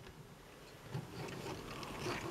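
A plastic leg/back section of a Transformers Combiner Wars Menasor transforming robot toy is straightened, and its plastic peg is lined up with its socket hole. Only quiet handling rustle is heard, slightly louder after about 1.0 s, with no sharp hit. The peg has not clicked into place yet.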